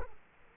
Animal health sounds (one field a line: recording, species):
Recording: mosquito wingbeat signal from an infrared sensor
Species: Culex quinquefasciatus